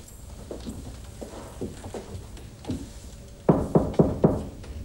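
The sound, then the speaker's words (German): A series of soft, evenly spaced taps or steps gives way to four loud, sharp knocks on a doctor's door in quick succession near the end. No one speaks. “Sie klopfen beim Doktor an und ich schleiche mich in das Empfangszimmer und höre ein bisschen zu.”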